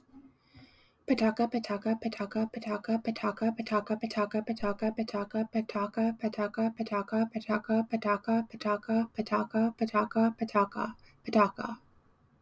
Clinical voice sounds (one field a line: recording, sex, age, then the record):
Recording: repeated syllables /pa ta ka/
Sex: female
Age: 30 to 39 years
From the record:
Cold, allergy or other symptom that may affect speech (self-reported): no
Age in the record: 35 years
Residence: Oregon, United States